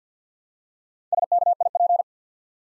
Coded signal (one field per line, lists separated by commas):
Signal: Morse code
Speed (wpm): 48 wpm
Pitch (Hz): 700 Hz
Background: none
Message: SKIP